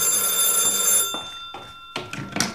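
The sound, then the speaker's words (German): A telephone rings with a bright, sustained electric bell tone, then the ringing breaks into shorter bursts and rattling clicks as the receiver seems to be handled, picked up by the household cook. “Bitte gehen Sie ran.”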